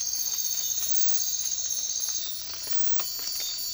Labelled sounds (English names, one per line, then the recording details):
none
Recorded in dense forest near Puerto Asís, Putumayo, Colombia, on 24 March 2025 at 04:00
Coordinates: 0.503, -76.323
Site GP09